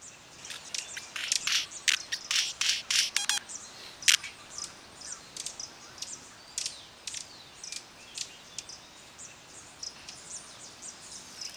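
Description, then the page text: Talamanca hummingbird giving sharp, high, dry chips in irregular bursts, some quick runs of ticks, with gaps between groups; faint background hiss. "Talamanca Hummingbird - Eugenes spectabilis. Neotropical Birds - Birds of the World"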